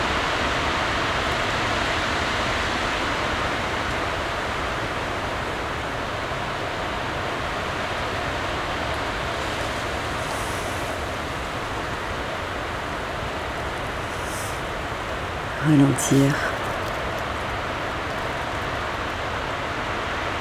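Wind blows steadily through fir, spruce, beech and elm branches, making a dense, even rush that barely swells or fades over the whole stretch. Near the sixteenth second, two short low sounds break through, and faint brighter hisses drift past around ten and fourteen seconds.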